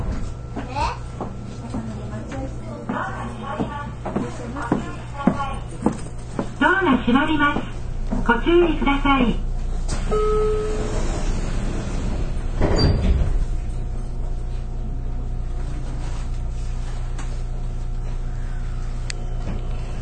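Aboard a Nippou line local train, a steady low rumble runs beneath bursts of talking early on and a heavy thump near thirteen seconds.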